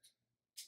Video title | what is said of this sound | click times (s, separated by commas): Pens, Friends, and Automobiles | It's a beautiful little click. | 0.6 s